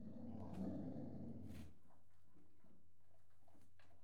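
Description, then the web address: Small dog growling, a low rumbling snarl for under two seconds, then quiet with faint shuffling. Small dog threatening to attack. "BBC Sound Effects Library Horses Dogs Small Dog Treatening To Attack"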